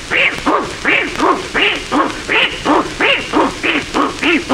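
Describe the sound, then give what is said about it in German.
Jürgen von Manger, as Adolf Tegtmeier, mimics with his voice a carpenter on the ground floor sawing wood: about ten loud, raspy back-and-forth strokes in a steady, quick rhythm, each rising and falling in pitch, with no other talking. “Unten im Parterre wohnte ein Zimmermann, der sägte, was er nur sägen kann.”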